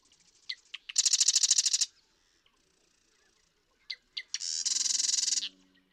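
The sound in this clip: Marsh Wren song twice: stuttering ticks, then a loud, fast rattling trill.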